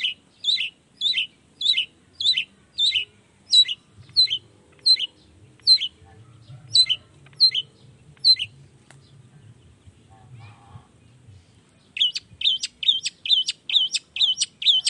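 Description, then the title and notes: Long-tailed shrike song: a run of sharp downslurred notes, a pause, then a quicker burst of similar notes. Lively singing in the morning with 'toet toet' song variations, meant to stimulate reluctant, silent shrikes into singing along quickly. "Cendet Gacor Dor Di Kala Pagi Toet Toet Variasi Suara J. Cendet Gacor Di Pagi Hari Rangsangan Emosi Cendet Malas Bunyi Supaya Secepatnya Ikutan Bunyi. Burung cendet"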